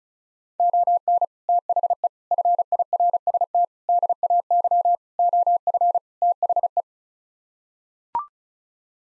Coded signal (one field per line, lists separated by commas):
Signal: Morse code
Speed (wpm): 36 wpm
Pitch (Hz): 700 Hz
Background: none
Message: ON THE FIRST DAY OF THE